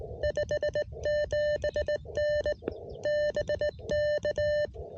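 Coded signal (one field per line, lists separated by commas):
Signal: Morse code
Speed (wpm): 17 wpm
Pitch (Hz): 600 Hz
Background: none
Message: 57N BK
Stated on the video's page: CW POTA park activation with an Elecraft KX1 QRP rig, Bamatech EHT-II paddle, 12V battery power.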